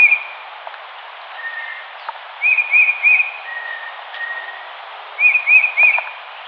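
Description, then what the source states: Tufted titmouse whistling short three-note phrases twice after a cut-off one at the start, with a few fainter, lower, longer level whistles in between and light background hiss. Recorded 4 January 2007.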